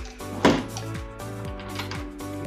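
A hidden drawer in a wardrobe is pushed shut, and a cut metal strip catches in its lock with a sharp knock at 0.5 s, holding the drawer locked. Lighter knocks follow near 0.8 s and 1.9 s over steady background music.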